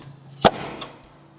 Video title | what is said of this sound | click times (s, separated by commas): Install & Review EVBase Nova Style Black & Silver Wheel Covers for Tesla Model 3 | and make sure you hear the snaps. | 0.5 s, 0.8 s